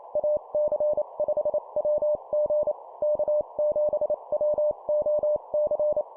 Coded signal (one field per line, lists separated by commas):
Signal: Morse code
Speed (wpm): 28 wpm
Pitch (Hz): 600 Hz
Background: none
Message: AC5WG K7WOC